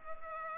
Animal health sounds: mosquito wingbeat signal from an infrared sensor; Culex pipiens

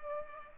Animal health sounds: mosquito wingbeat signal from an infrared sensor; Culex pipiens

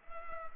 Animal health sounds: mosquito wingbeat signal from an infrared sensor; Culex pipiens

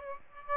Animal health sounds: mosquito wingbeat signal from an infrared sensor; Aedes aegypti

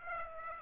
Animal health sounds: mosquito wingbeat signal from an infrared sensor; Aedes aegypti

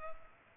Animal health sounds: mosquito wingbeat signal from an infrared sensor; Culex pipiens

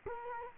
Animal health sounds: mosquito wingbeat signal from an infrared sensor; Culex quinquefasciatus

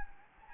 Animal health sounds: mosquito wingbeat signal from an infrared sensor; Anopheles gambiae

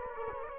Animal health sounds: mosquito wingbeat signal from an infrared sensor; Culex quinquefasciatus

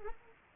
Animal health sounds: mosquito wingbeat signal from an infrared sensor; Culex pipiens

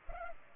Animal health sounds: mosquito wingbeat signal from an infrared sensor; Culex pipiens

